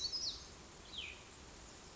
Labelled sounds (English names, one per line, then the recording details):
Cassin's Vireo
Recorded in Sonoma County, California